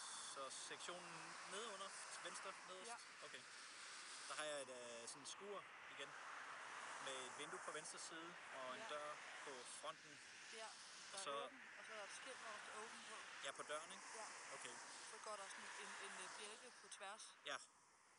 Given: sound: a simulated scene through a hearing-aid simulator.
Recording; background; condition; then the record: conversation; traffic; +4 dB SNR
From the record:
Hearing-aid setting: III (slow-acting compression, loudness normalization, advanced features for about 2.5 dB of SNR improvement); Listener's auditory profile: D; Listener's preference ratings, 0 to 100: 53, 60, 67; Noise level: 75 dB SPL